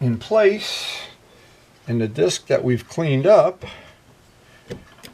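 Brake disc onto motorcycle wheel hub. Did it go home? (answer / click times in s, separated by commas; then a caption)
yes / 5.0 s. Someone talks while a cleaned metal brake disc is set onto a Ninja motorcycle's wheel hub over its locating pieces. At 5.1 s the disc drops into position with a short, sharp snap, seated in place.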